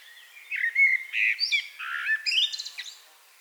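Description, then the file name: Common blackbird song: a mellow fluted warble around the middle range, turning into a squeaky, higher twittering flourish at the end, over faint steady background hiss. "Turdus merula"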